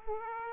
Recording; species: mosquito wingbeat signal from an infrared sensor; Aedes aegypti